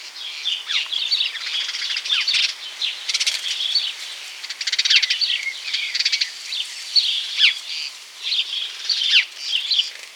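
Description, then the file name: House sparrow calls: dense chattering chirps repeated in quick runs, over steady background noise. "Passer domesticus"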